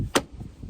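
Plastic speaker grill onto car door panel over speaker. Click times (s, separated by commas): 0.2 s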